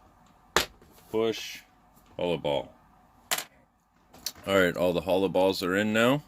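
A hollow ball is pressed into the plastic push rod end of a 1/16 Traxxas Slash RC car by pushing it down on a table. It seats with a sharp snap at 0.6 s. Someone talks afterward, and a few faint knocks follow around 3.3 and 4.3 s.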